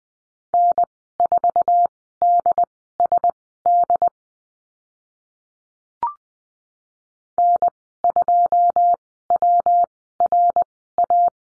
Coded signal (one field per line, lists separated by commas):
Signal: Morse code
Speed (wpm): 19 wpm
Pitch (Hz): 700 Hz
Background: none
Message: N4DSD N2WRA